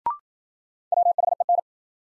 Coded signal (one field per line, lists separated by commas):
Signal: Morse code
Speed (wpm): 53 wpm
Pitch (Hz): 700 Hz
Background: none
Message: WHEN